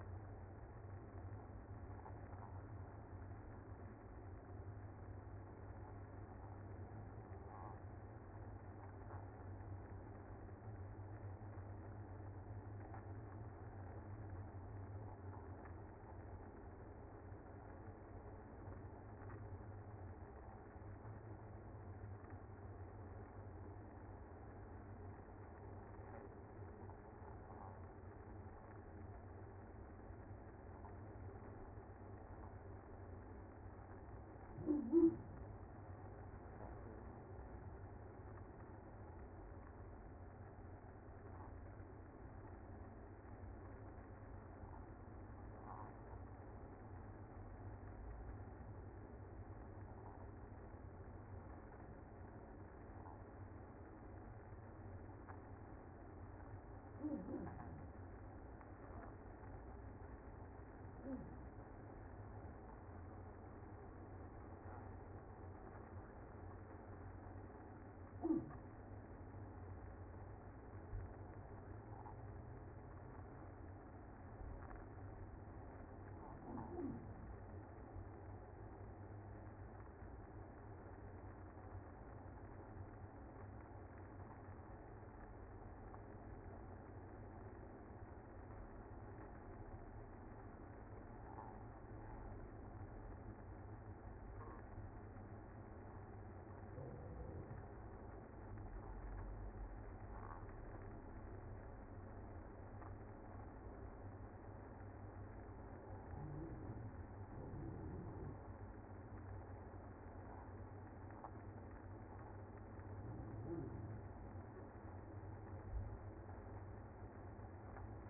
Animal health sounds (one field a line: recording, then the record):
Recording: honeybee colony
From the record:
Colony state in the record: active